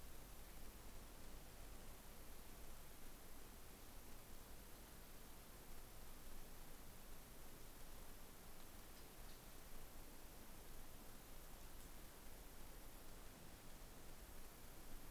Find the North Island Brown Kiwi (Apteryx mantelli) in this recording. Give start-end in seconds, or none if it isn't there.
none